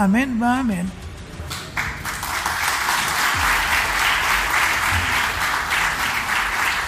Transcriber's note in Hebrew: מחיאות כפיים